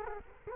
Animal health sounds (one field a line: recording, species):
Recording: mosquito wingbeat signal from an infrared sensor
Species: Culex quinquefasciatus